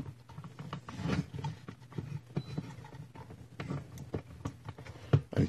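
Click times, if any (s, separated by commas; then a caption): 5.1 s. A microSD memory card, empty and freshly formatted, is pushed one-handed into the card slot of a SereneLife IPCAMHD61 720p HD wireless IP cloud camera, with scattered small taps and scraping handling noises. At 5.1 s the card's spring latch catches with a sharp click and the card is seated.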